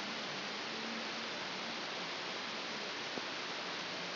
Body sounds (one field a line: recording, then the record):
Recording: brain microelectrode recording played as sound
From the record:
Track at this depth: inside the subthalamic nucleus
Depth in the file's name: 3.129 mm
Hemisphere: left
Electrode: 2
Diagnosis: Parkinson's disease